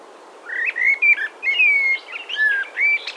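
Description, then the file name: Eurasian blackbird song: a run of mellow, fluty warbled phrases, some rising and falling, with short breaks between and a few thin high twitters near the end. "Turdus merula"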